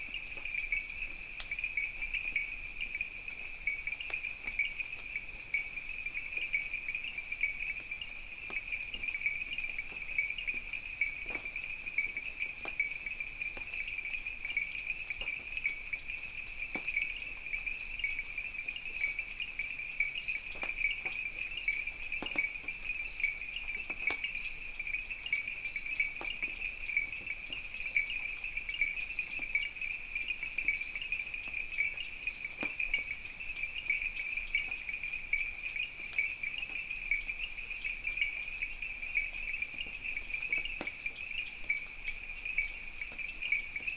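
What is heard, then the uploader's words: A night chorus in the delta: a dense, unbroken insect trill holds steady throughout, with a thin, high whine above it. From about 12 to 32 seconds, quick bright chirps repeat in a loose rhythm over scattered soft clicks. An African night at the delta of Okavango. At Little Machaba Safaris Lodge at the banks of river Kwai, at the vast area of the Delta of Okavango in Botswana. Recorded by Soundquest/Christina Antoniadou.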